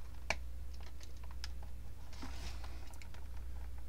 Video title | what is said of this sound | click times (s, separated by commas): Kenner 1978 X-wing fighter toy restoration from beginning to end. From a real toy guy. | should just click right in down there. There it goes. | 0.3 s